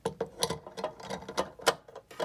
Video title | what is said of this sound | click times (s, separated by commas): Aurora's Skittle Bingo: Demo + Repair + Look Inside 1973 - Retro fun with this vintage toy / game | clicks into place here | 1.7 s